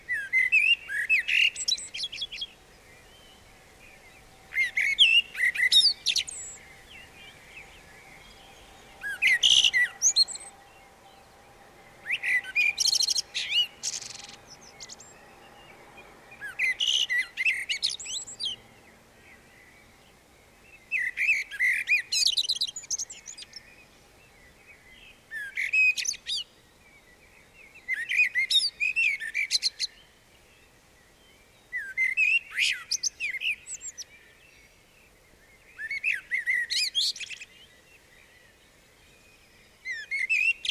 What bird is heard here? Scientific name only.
Turdus merula